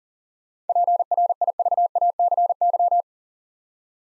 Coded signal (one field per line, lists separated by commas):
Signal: Morse code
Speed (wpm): 40 wpm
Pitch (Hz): 700 Hz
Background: none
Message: PRIVACY